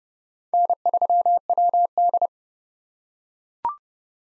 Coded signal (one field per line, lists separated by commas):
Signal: Morse code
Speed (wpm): 30 wpm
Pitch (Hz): 700 Hz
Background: none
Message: N3WD